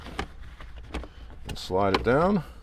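A plastic console panel is handled and slid down into the dash of a 2024+ Land Cruiser during a Beat-Sonic ENA-3T3 Encore amplifier install, with soft scattered taps and rubbing. Someone talks near the end. Nothing has seated or clicked yet.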